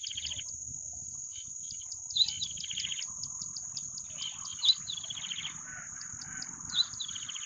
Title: Suara Burung Ciblek